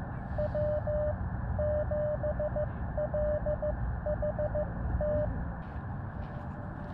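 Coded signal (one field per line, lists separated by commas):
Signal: Morse code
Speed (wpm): 15 wpm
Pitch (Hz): 600 Hz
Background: radio noise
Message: W7LHT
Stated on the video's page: QRP CW on a KX2 into a homebuilt end-fed random wire antenna during initial tests.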